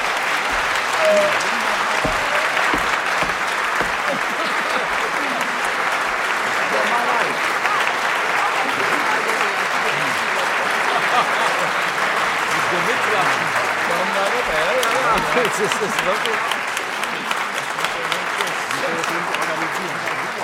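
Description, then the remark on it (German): Sustained audience applause in the RIAS broadcasting house, given after a motion to reinstate the Sunday afternoon radio play slot, fills the whole stretch: a dense, steady wash of many hands clapping at an even loudness, with some voices mixed into the crowd noise. “Für die Gewaltigen in diesem Funkhaus, die vielleicht nur sagen, naja, da haben die Beifall gegeben, müssen wir das vielleicht formal machen.”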